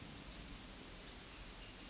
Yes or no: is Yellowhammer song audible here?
no